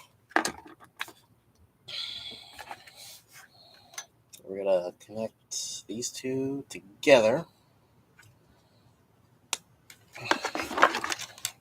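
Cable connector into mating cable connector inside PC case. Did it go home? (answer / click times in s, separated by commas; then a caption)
yes / 11.5 s. Two PC build cable connectors inside a PC case are pushed together by hand while someone talks, with handling rattles and clicks throughout. The connectors seat with a sharp click at 11.5 s.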